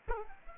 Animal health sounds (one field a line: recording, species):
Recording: mosquito wingbeat signal from an infrared sensor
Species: Culex quinquefasciatus